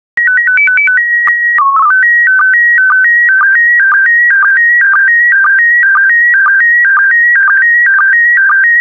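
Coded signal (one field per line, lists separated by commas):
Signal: SSTV (slow-scan television)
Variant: PD 120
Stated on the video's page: PD120 SSTV images generated as daily decoding practice.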